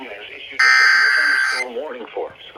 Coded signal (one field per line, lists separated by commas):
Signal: Emergency Alert System (SAME) tones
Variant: header bursts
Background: speech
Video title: CRAZANITY VI: MARCH MADNESS... EAS Alerts from 3/7/22 (EAS #844-874)